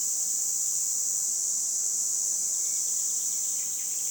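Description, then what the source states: Red cicada delivering an intense, even, high buzz that barely changes, with no other clear sounds. Recorded 22 June 2020 at 11:10 beside the road near Châtillon-en-Diois, France, at the end of spring; song starts hesitantly, then reaches full power; Nagra recorder with omni microphone.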